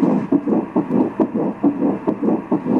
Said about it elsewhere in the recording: We're going to do a Doppler just to hear the heartbeat. So we can actually hear the heart beating here. The embryo looks really great.